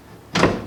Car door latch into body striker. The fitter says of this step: it's clicking before you know we don't have to press it all the way to the frame to get a click we're clicking right about here with like